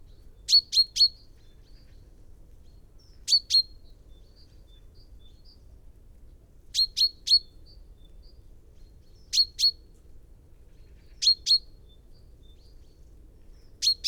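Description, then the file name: Common chaffinch calls: bright clipped chips mostly in pairs or triplets, recurring every few seconds against a quiet background. "Fringilla coelebs"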